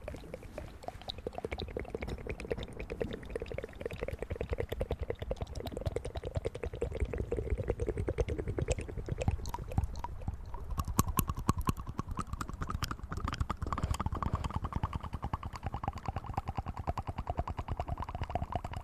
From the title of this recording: Ear massage & Mouth sounds